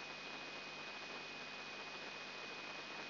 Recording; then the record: brain microelectrode recording played as sound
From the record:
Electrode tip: inside the subthalamic nucleus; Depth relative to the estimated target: -3 mm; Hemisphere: left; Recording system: AlphaMap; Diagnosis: Parkinson's disease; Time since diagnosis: 8 years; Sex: female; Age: 37 years